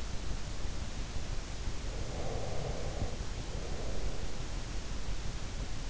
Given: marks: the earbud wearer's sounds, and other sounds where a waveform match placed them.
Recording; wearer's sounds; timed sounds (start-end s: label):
sounds in sleep by an in-ear microphone; breath
1.82-4.52 s: breath